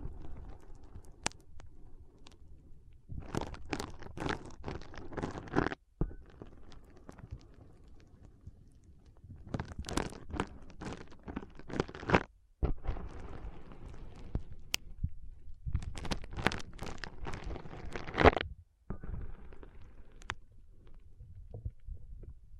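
Foam being rubbed and squeezed in three main bursts, near the start, around ten seconds and again past fifteen, each a dense crackling, crunching scrunch. Between bursts a low soft rumble and scattered small taps fill the quieter gaps.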